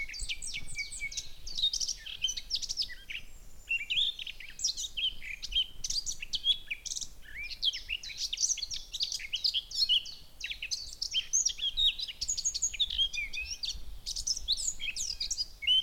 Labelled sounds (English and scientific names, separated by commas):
Eurasian Blackcap (Sylvia atricapilla)